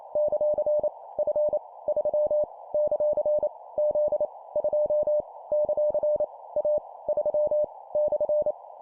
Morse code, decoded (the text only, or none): ; F 3 ; Z 2 ; A 3 /